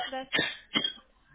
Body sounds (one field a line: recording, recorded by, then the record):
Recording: voluntary cough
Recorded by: telephone call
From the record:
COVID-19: positive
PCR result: checked with the laboratory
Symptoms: no